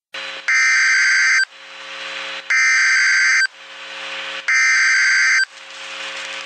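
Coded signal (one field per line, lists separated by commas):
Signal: Emergency Alert System (SAME) tones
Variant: header bursts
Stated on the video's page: Mock EAS scenario for a Mount Rainier eruption, not a real alert.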